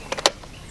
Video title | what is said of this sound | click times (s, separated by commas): Electric Biking (E-biking) Pedego Boomerang - A Great E-Bike For Seniors | hear that yes now I know it's clicked in I know it's on | 0.3 s